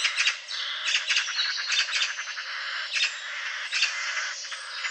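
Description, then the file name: Eurasian magpie chattering with harsh, grating rattles that come in repeated quick bursts over a noisy, hissy background. "Pica pica"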